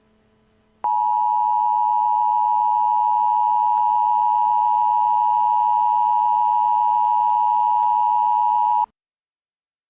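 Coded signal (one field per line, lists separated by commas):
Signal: Emergency Alert System (SAME) tones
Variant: 853 and 960 Hz attention tone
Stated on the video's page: Fictional EAS scenario alert, not a real emergency alert.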